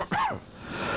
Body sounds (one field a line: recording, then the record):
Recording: coughing mixed with background sound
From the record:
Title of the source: Heavy cold and sore throat coughing.